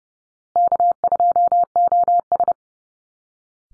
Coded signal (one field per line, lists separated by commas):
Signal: Morse code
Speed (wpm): 30 wpm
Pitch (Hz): 700 Hz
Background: none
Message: K2OS